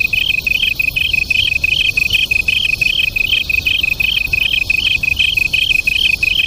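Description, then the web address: Japanese tree cricket duet, bright pulsed chirps repeating roughly three times a second over an unbroken high-pitched trill. "sikioto insect kantanduet"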